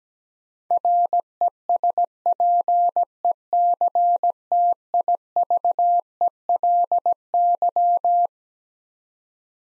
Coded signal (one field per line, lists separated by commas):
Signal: Morse code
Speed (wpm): 17 wpm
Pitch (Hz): 700 Hz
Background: none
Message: RESPECTIVELY